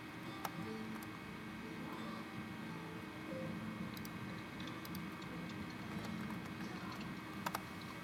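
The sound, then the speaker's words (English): Sparse, irregular keyboard clicks tap out over a steady low hum, with a couple of brief bursts of quick keystrokes among long gaps; no one speaks. “Yeah, I can hear you typing also.”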